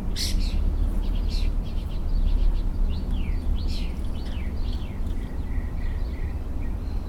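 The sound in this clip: Mockingbird song: a few harsh notes, then a quick run of repeated descending slurred whistles, over low rumbling noise.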